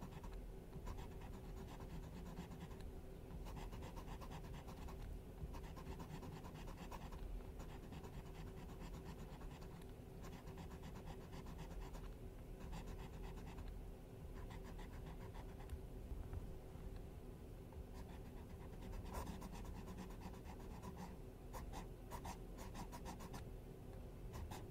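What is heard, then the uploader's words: Tracing and scratching sounds run steadily for the full length, a dense, continuous rubbing with a low, soft body. Sharper, brighter scratchy strokes cut in every few seconds, growing more frequent near the end, over an even hushed texture. ASMR DRAWING ON YOUR FACE WHILE YOU SLEEP, SCRATCHING, ASMR TRACING AND DRAWING ON YOUR FACE.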